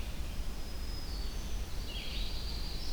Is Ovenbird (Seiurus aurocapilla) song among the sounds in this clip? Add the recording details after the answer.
no. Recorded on 25 June 2016 at 06:08. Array SBT-6-76